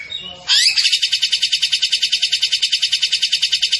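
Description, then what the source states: Tembakan bird giving a short twitter, then a fast steady pulsing trill held to the end. Masteran training recording of a bird singing gacor (in full, persistent song).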